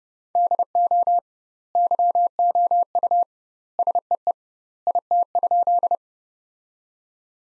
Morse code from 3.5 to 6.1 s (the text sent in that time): SEE IT?